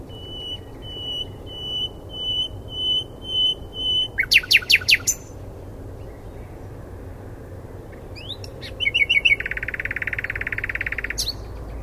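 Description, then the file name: Common nightingale song: a slow series of pure, repeated whistles swelling in loudness, then harsh clipped notes, a pause and a fast rattling trill. "Luscinia megarhynchos"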